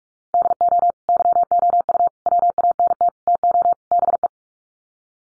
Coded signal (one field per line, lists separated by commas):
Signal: Morse code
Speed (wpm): 44 wpm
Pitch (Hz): 700 Hz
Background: none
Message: DO YOU WANT TO BE